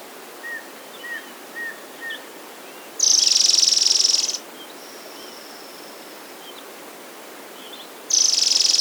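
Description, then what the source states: White-sided flowerpiercer song: two loud, high, rapid buzzy trills, the first lasting over a second and the second cut off by the end, with faint short chirps before them and a steady background hiss. Recorded in South America.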